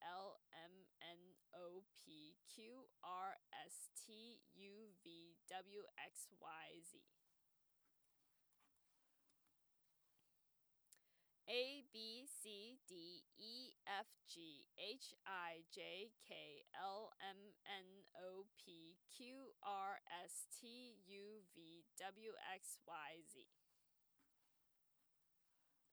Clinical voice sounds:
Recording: letters of the alphabet, spoken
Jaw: free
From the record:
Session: first day, before the bite bar

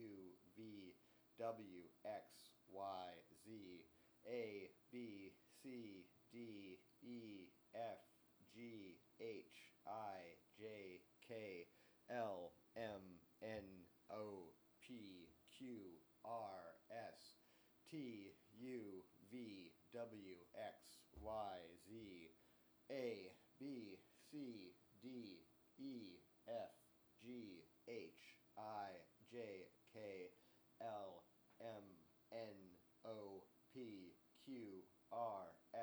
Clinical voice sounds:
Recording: letters of the alphabet, spoken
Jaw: free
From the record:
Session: seven days later

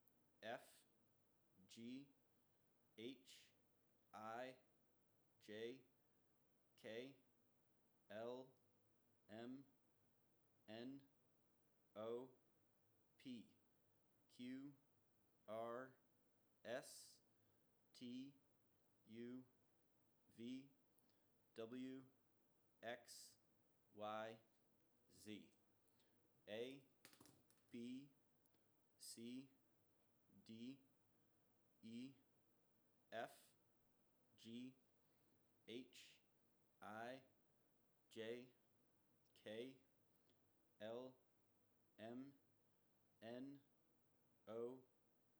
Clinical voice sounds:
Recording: letters of the alphabet, spoken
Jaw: free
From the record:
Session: first day, before the bite bar

